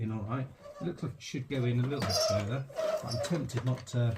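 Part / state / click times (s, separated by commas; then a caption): plastic toy piece into vintage toy playset base / not seated / none. A plastic piece is handled at its socket on the base of a vintage plastic TMNT Technodrome toy playset while someone talks throughout. The piece looks like it should go further in, but it has not clicked or seated yet by the end of the clip.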